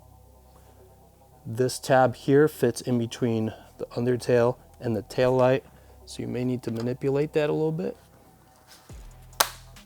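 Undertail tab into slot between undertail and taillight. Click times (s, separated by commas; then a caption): 9.4 s. A plastic tab on a TST Industries full undertail for a 2021+ Yamaha MT-09 is pushed in between the undertail and the taillight. Someone talks, then after a pause the tab snaps into its window with a sharp click at 9.4 seconds. It is seated.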